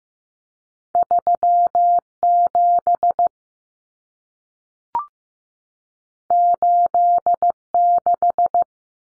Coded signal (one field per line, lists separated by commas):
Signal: Morse code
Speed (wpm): 15 wpm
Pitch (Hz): 700 Hz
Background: none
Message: 37 86